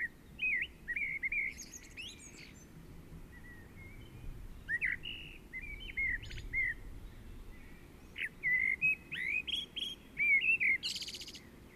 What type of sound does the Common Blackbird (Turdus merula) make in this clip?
song